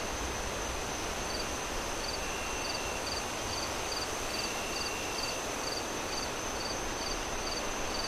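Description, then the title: Steady cricket chirping starts after a second, short bright pulses repeating evenly, set against a strong wash of wind. Crickets chirping at night amid strong wind gusts through trees. "Relaxing Crickets Sounds On A Windy Night"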